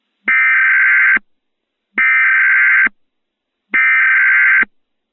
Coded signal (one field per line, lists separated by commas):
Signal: Emergency Alert System (SAME) tones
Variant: header bursts